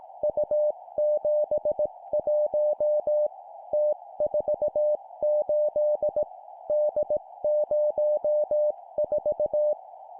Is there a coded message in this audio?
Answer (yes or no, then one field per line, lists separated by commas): yes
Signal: Morse code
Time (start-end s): 0.2-9.7 s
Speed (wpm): 18 wpm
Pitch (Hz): 600 Hz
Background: music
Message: U71 T48 D04